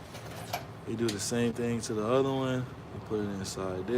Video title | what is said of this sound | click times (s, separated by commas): Live stream | you push forward and they lock in place | 0.5 s